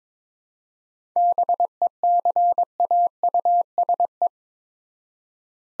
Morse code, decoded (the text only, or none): BECAUSE